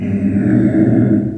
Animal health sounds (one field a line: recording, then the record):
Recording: squeal of a Yucatan mini pig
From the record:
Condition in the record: after surgery on the right vocal fold (resection and tissue-engineered implant)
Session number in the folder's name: 3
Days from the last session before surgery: 21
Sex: female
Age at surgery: 19 weeks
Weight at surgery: 25 kg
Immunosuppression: prednisolone